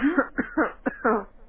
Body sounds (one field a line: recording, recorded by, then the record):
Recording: voluntary cough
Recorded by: telephone call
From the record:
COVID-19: positive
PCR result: checked with the laboratory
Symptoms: no